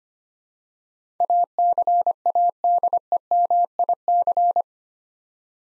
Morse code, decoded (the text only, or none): ACADEMIC